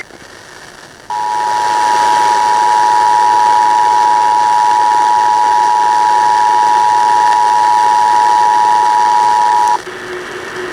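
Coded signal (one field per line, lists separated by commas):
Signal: Emergency Alert System (SAME) tones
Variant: 853 and 960 Hz attention tone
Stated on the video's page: Monthly EAS tests.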